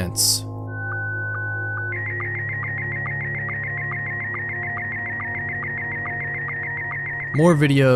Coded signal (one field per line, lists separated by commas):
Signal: SSTV (slow-scan television)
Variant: Scottie 1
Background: speech